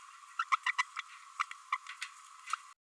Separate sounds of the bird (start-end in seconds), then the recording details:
0.39-0.43, 0.52-0.55, 0.66-0.71, 0.78-0.82, 0.97-1.01, 1.40-1.44, 1.72-1.77. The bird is a female. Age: 27 days. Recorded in a nest box in Venezuela. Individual 17B32A5